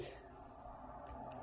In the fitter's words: you have a little click okay it's in there